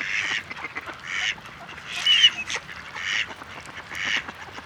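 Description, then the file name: Mallard giving harsh, nasal quacks repeated roughly once a second in a steady series, with one louder, higher call in the middle. "Canard colvert"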